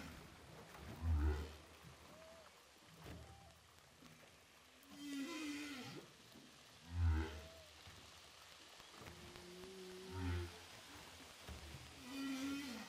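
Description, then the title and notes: Humpback whale song: deep pulsing grunts repeated a few times, interleaved with rising whoops and higher harmonic moans, over continuous underwater hiss. Humpback whales recorded underwater with a DPA hydrophone offshore of Saint-Paul, Réunion Island. "Whales sound by hydrophophone DPA saint paul, ile de la reunion. Baleines à bosse enregistrées à l'hydrophone DPA au large de saint Paul de la réunion"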